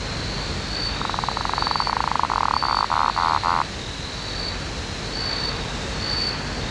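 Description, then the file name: Lesueur's frog producing one rapid pulsed trill of about two and a half seconds that breaks into short bursts toward its end, over steady background hum and a thin high whine. "Litoria lesueurii"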